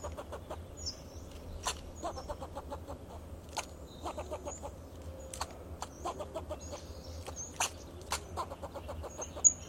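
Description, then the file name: Fox squirrel giving short, sharp clucking barks in uneven bursts, with thin high bird chirps in the background and a steady low hum throughout. "Sound of a Fox Squirrel"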